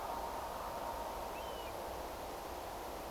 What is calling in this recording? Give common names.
European Golden Plover